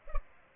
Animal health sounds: mosquito wingbeat signal from an infrared sensor; Culex pipiens

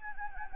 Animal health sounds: mosquito wingbeat signal from an infrared sensor; Anopheles gambiae

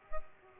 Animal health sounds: mosquito wingbeat signal from an infrared sensor; Culex pipiens

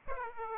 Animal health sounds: mosquito wingbeat signal from an infrared sensor; Aedes aegypti

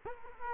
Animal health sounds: mosquito wingbeat signal from an infrared sensor; Culex quinquefasciatus

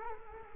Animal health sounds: mosquito wingbeat signal from an infrared sensor; Culex quinquefasciatus

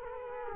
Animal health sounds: mosquito wingbeat signal from an infrared sensor; Culex quinquefasciatus

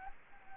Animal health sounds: mosquito wingbeat signal from an infrared sensor; Anopheles arabiensis

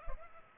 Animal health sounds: mosquito wingbeat signal from an infrared sensor; Culex pipiens

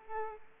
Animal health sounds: mosquito wingbeat signal from an infrared sensor; Aedes aegypti

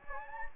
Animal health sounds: mosquito wingbeat signal from an infrared sensor; Anopheles gambiae

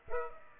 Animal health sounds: mosquito wingbeat signal from an infrared sensor; Aedes aegypti

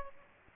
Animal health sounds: mosquito wingbeat signal from an infrared sensor; Aedes aegypti

